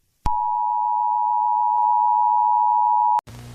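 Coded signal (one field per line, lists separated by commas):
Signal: Emergency Alert System (SAME) tones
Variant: 853 and 960 Hz attention tone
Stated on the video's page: Fictional EAS scenario, simulated alert tones.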